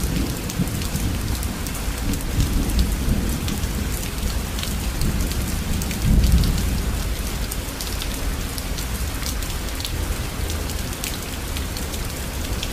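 Steady rain falls through the night, a dense hiss with scattered bright drip ticks throughout. A deep low rumble underlies it, swelling briefly around six seconds like thunder, then settling back into the even patter.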